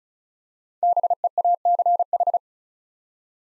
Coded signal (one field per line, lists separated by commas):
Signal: Morse code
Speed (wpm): 36 wpm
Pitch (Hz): 700 Hz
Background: none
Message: BEACH